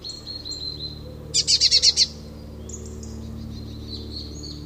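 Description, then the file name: Eurasian blue tit calls: faint thin high notes, a short buzzy burst of about six quick pulses, then more soft high notes. "Cyanistes caeruleus"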